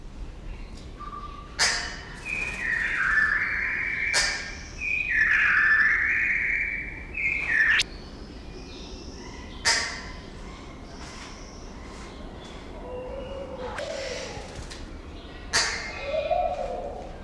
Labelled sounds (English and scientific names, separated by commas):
Double-toothed Barbet (Lybius bidentatus)